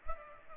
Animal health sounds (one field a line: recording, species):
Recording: mosquito wingbeat signal from an infrared sensor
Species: Culex pipiens